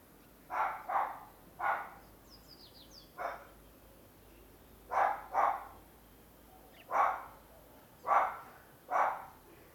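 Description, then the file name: Dog barking: several sharp barks, singly and in pairs, with a few faint high bird chirps between them. Small dog barking near a corridor. "Cachorro de pequeno porte latindo perto de corredor"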